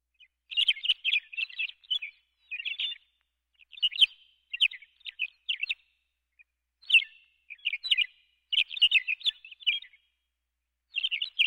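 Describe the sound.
McCown's longspur giving bursts of rapid twittering, rattling notes in uneven clusters, some longer runs and some brief single chips, with no other sounds.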